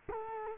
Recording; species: mosquito wingbeat signal from an infrared sensor; Culex quinquefasciatus